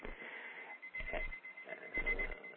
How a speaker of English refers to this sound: My alarm is going off. I hear an alarm, yes. Okay. I have it right in my face. Right. Because I don't hear the regular volume okay. Of the alarm clock.